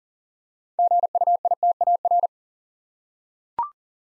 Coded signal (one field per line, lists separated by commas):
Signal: Morse code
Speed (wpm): 42 wpm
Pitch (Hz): 700 Hz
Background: none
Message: GUITAR